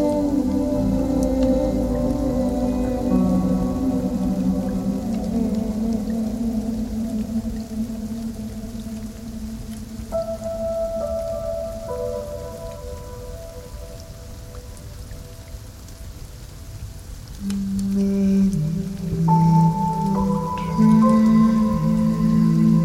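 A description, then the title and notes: Relaxing music of long, held tones over a steady low drone, with a soft hiss running underneath. The notes shift slowly, with new chords entering around ten seconds and again near seventeen, where the sound swells fuller and louder toward the end. Blossoms on the tree - Relaxing music - Wind sound for focus and concentration.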